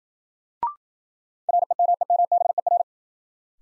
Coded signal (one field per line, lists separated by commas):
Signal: Morse code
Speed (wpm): 52 wpm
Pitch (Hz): 700 Hz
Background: none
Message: REMEMBER